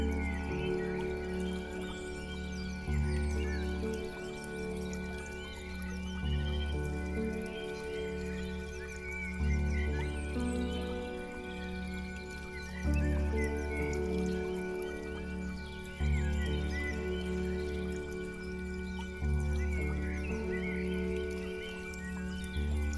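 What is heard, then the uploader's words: Relaxing music of sustained low tones shifts to a new chord about every three seconds, holding a calm, even level. Above it, scattered bright chirps and drip-like sounds keep up a light, continuous patter of nature sounds throughout. NATURE SOUNDS and RELAXING Music.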